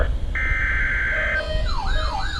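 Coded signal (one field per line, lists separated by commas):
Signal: Emergency Alert System (SAME) tones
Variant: header bursts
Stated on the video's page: Real severe weather alerts.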